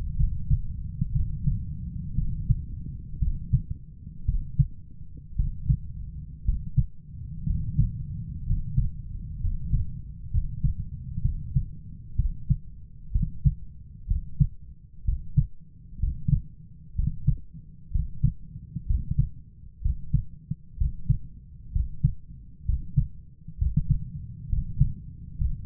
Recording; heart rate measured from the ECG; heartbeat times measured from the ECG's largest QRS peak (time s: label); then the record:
heart sounds by stethoscope; 62 bpm
0.16 s: heartbeat
1.12 s: heartbeat
2.15 s: heartbeat
3.19 s: heartbeat
4.26 s: heartbeat
5.36 s: heartbeat
6.45 s: heartbeat
7.46 s: heartbeat
8.46 s: heartbeat
9.40 s: heartbeat
10.30 s: heartbeat
11.22 s: heartbeat
12.16 s: heartbeat
13.12 s: heartbeat
14.07 s: heartbeat
15.04 s: heartbeat
15.99 s: heartbeat
16.95 s: heartbeat
17.91 s: heartbeat
18.86 s: heartbeat
19.81 s: heartbeat
20.77 s: heartbeat
21.72 s: heartbeat
22.65 s: heartbeat
23.57 s: heartbeat
24.48 s: heartbeat
25.37 s: heartbeat
From the record:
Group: healthy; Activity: rest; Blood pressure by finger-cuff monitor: 112/64 mmHg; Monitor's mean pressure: 80 mmHg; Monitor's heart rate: 63 bpm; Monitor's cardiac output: 7.4 L/min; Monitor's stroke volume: 120 mL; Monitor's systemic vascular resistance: 800 dyn s/cm5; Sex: male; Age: 23 years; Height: 178 cm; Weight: 96.6 kg